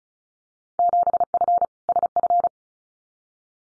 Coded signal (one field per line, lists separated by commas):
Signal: Morse code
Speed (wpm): 34 wpm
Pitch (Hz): 700 Hz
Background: none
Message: 7F SF